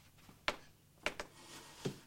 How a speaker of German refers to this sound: Ich stelle den Stuhl unter die Klinke.